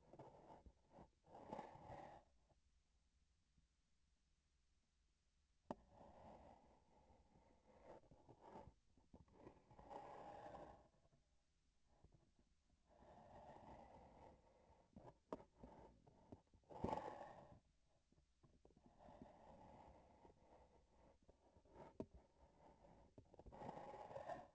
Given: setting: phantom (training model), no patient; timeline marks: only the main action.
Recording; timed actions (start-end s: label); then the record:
laparoscopic instrument, vibration sensor on the handle end
0.00-1.19 s: palpation
8.06-9.65 s: palpation
15.22-16.51 s: palpation
22.12-23.19 s: palpation
From the record:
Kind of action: gesture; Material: synthetic tissue